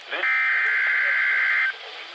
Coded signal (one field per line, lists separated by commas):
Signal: Emergency Alert System (SAME) tones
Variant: header bursts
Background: speech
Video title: Severe Thunderstorm Warning #5 (EAS #155)